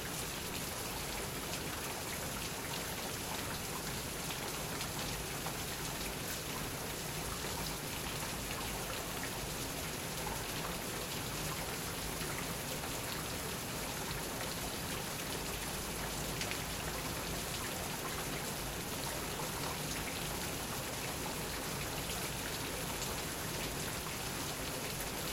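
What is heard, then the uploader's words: Steady, dense rain patters on a glass roof, with countless drops tapping in a fine, bright hiss that never lets up. The downpour holds an even level for the whole stretch, with a soft low rumble of water underneath and no separate events. Recording of rain on a glass roof. Recorded with a Zoom h4n in Sydney in October 2018.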